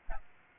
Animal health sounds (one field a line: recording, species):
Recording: mosquito wingbeat signal from an infrared sensor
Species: Aedes albopictus